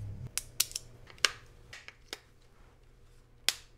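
After two AA batteries go into a Sofabaton U1 universal Bluetooth remote, its plastic battery cover is pressed back onto the back of the handheld remote. A series of sharp plastic clicks sounds at about 0.4, 0.6, 0.8, 1.3 and 2.1 seconds, then a final strong snap at 3.5 seconds as the cover seats easily back into place.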